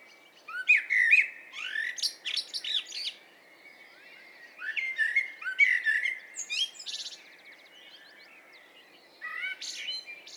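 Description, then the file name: Common blackbird song: two warbled phrases of rising and falling whistles topped with thin twittering notes, then a brief third start near the end. "Turdus merula"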